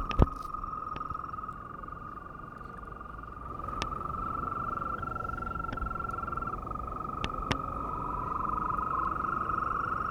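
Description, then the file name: European green toad producing a long continuous high trill, steady throughout, with a second trill joining near the end and several sharp clicks and knocks scattered across the recording. Long calls of European green toad recorded on 2 April 2017. "Ropucha zielona długie 02 04 2017"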